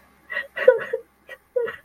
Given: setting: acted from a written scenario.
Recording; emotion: vocal sound without words; sadness